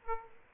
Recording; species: mosquito wingbeat signal from an infrared sensor; Aedes aegypti